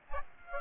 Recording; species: mosquito wingbeat signal from an infrared sensor; Aedes aegypti